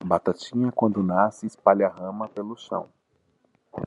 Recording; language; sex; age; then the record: short text; Brazilian Portuguese; male; 20 to 29 years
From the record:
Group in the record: control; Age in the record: 28 years